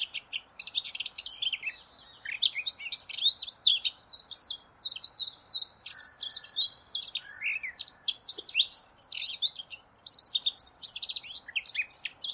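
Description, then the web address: Eurasian blackcap singing a dense, continuous warble of high, varied chirps and whistles, with hardly any pauses throughout. "cianscape birddata Deverinetal 2025"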